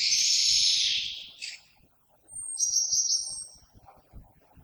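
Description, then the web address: Common blackbird song: a loud, shrill, broad-band twittering burst, then a brief pause and a thin, sustained high whistle with softer notes trailing after. Recorded on 21 February 2020. "oiseaux Merle 2020 02 21"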